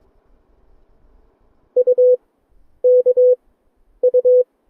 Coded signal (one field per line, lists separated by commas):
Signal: Morse code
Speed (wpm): 23 wpm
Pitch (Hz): 500 Hz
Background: none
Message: U K U